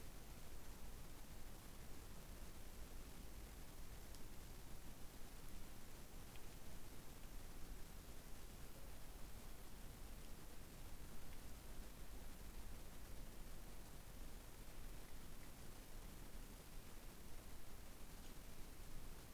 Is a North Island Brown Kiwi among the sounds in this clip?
no